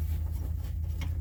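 A fuel line quick-connect fitting for a Velit 4000P gasoline heater is handled above the auxiliary fuel port on the factory fuel tank sender of a Ford Transit. A steady low hum runs under faint rubbing and handling noise, with a brief brighter scrape around 1.0 s. Nothing has seated or clicked yet.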